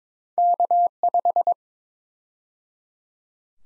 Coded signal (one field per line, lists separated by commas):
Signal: Morse code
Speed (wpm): 22 wpm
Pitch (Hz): 700 Hz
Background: none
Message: K5